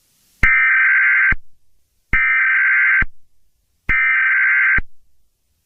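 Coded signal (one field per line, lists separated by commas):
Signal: Emergency Alert System (SAME) tones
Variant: header bursts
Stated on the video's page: Fake EAS scenario about a mass disappearance, based on a book.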